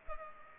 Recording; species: mosquito wingbeat signal from an infrared sensor; Culex pipiens